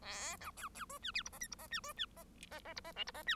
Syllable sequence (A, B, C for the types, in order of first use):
A B C C D E F G H I G H E D E H H H G H J G H E